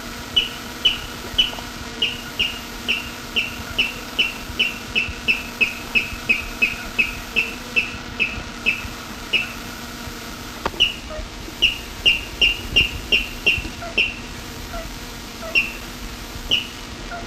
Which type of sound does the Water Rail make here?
song